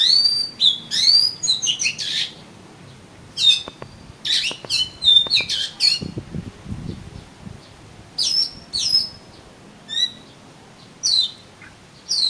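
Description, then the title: Oriental magpie-robin song: rising whistles and sharp chips in quick bursts, with pauses between phrases and faint rustling in the middle. "Kacer Kacer"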